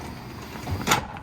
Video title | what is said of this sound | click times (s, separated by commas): 2023 Ford Transit Camper Van Tour | Clicks into place. | 0.8 s, 1.2 s